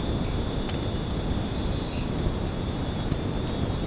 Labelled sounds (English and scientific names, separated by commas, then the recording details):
none
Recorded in secondary vegetation near Puerto Asís, Putumayo, Colombia, on 19 March 2025 at 22:00
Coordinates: 0.481, -76.318
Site G097